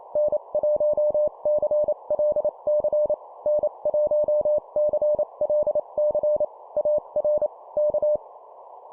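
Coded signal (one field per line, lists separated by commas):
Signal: Morse code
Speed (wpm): 28 wpm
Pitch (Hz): 600 Hz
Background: none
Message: N1CLC N1CLC AR K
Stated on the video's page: Example 25 wpm CW QSO in standard format for copy practice; the station describes 30 watts into a vertical.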